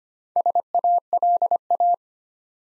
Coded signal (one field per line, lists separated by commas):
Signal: Morse code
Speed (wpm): 25 wpm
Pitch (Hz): 700 Hz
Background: none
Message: SALA